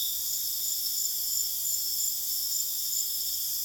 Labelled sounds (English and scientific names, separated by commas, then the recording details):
none
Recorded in dense forest near Puerto Asís, Putumayo, Colombia, on 23 June 2025 at 22:00
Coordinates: 0.484, -76.325
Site H65